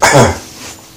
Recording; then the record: coughing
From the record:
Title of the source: Spring Cold Coughing 2